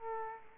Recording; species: mosquito wingbeat signal from an infrared sensor; Aedes aegypti